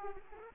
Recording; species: mosquito wingbeat signal from an infrared sensor; Aedes aegypti